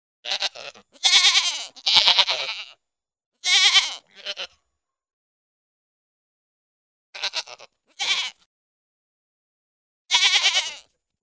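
Goat bleating in quavering, nasal bursts, several calls in clusters with silent gaps between them.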